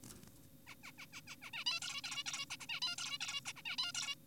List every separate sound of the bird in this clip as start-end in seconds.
0.67-0.75, 0.84-0.92, 0.98-1.06, 1.13-1.21, 1.28-1.36, 1.42-1.51, 1.54-1.64, 1.66-1.80, 1.82-2.02, 2.04-2.24, 2.26-2.46, 2.50-2.57, 2.60-2.66, 2.69-2.80, 2.82-2.96, 2.98-3.18, 3.21-3.41, 3.46-3.53, 3.56-3.62, 3.66-3.76, 3.78-3.92, 3.95-4.15